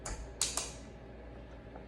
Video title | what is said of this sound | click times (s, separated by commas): How to upgrade your RC car, fast and furious edition ￼ | Heard a click, lift up, and you're good. | 0.4 s